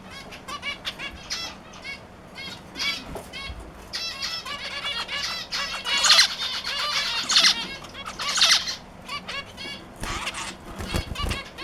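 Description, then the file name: Zebra finch song: rapid series of nasal, tinny, stacked notes, with louder buzzy bursts midway. "zebrovyi amadin poet"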